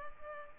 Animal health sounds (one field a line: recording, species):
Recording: mosquito wingbeat signal from an infrared sensor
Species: Culex pipiens